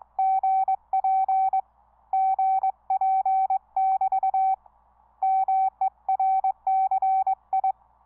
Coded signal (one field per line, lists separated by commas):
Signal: Morse code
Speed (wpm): 22 wpm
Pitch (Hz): 770 Hz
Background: none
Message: GP GP <BT> MERCI